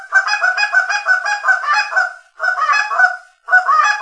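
Canada goose honks, harsh and nasal, delivered in a fast run then two shorter bursts separated by brief silences.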